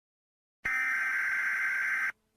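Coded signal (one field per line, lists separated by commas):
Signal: Emergency Alert System (SAME) tones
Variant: header bursts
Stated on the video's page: Fictional analog-horror EAS scenario that uses valid tones.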